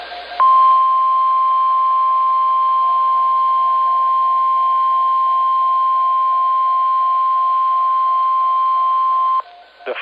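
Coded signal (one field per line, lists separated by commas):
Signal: Emergency Alert System (SAME) tones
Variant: 1050 Hz attention tone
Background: speech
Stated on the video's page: Severe thunderstorm alert for north central Wisconsin from NOAA Weather Radio station in Rhinelander.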